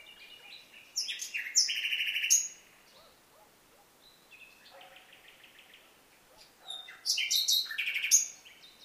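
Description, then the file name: Common nightingale song: a rich phrase of quick repeated notes, a softer stuttering series, then another loud burst of rapid chirps. "Luscinia megarhynchos"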